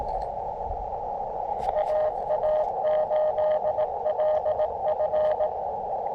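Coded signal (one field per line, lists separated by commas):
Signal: Morse code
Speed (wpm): 21 wpm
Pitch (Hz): 610 Hz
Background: speech, radio noise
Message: AA8LF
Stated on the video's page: Morse from a park activation with a portable transceiver and compact antenna attached to the radio; signals weaker.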